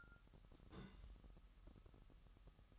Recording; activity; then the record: daily activity, microphone in the room; place on stove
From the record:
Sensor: 3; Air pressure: 1002.0 hPa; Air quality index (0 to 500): 248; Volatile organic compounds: 50 ppm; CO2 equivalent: 3302 ppm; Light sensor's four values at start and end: 6/15/6/6 and 6/15/6/6